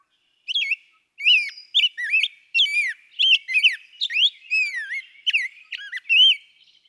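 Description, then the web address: Rose-breasted Grosbeak singing a long, flowing series of rich whistled notes that rise and fall, after a single opening note and a short pause. "birdsongforthecurious songs Rose-breasted Grosbeak"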